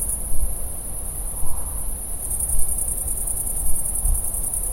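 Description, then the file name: Great green bush-cricket giving a continuous, very high-pitched buzzing trill that runs unbroken throughout, over low rumbling background noise. Recorded 6 September 2016. "Grande Sauterelle verte 2016-09-06"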